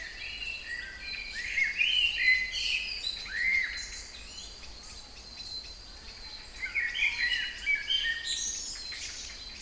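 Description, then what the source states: Songbirds singing clear whistled phrases with rising and falling notes in several bursts, over a steady high background tone. Kouri Forest, Thessaloniki (Salonika), Greece; 22.05.12, 18:35.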